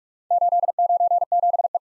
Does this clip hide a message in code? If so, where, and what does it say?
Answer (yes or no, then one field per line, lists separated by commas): yes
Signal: Morse code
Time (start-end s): 0.3-1.8 s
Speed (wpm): 51 wpm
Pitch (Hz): 700 Hz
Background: none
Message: 897E